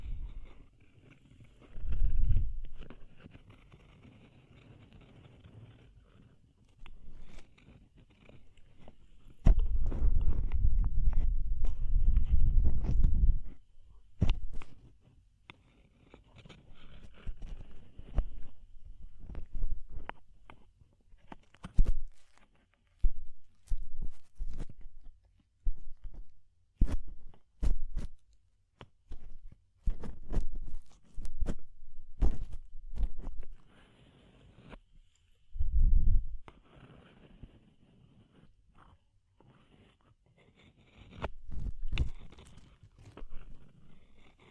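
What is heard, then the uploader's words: Ear-cleaning ASMR sounds: soft crackling, rubbing and sharp clicking touches come in irregular bursts throughout. Deeper muffled rumbling swells appear around the 2, 10–13 and 36 second marks, with quiet pauses between the busier stretches. ASMR DEEP Ear Penetrating Cleaning (No Talking).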